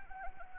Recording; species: mosquito wingbeat signal from an infrared sensor; Anopheles gambiae